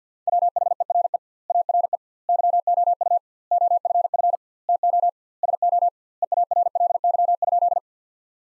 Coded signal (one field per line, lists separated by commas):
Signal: Morse code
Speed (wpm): 50 wpm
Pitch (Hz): 700 Hz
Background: none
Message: WHERE ARE YOU OFF TO SO EARLY?